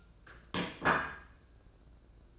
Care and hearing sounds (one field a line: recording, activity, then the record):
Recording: daily activity, microphone in the room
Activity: place plate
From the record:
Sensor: 2